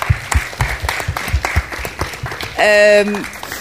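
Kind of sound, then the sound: crowd, audience applause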